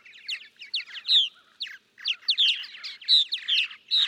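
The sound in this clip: Purple martin giving a short burst of throaty, liquid chirps and gurgled warbles, stopping briefly before resuming the chatter.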